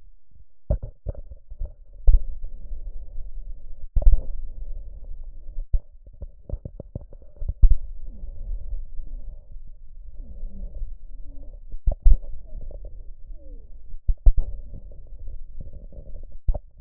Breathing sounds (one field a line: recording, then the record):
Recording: lung sounds by stethoscope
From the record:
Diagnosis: emphysema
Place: left posterior upper chest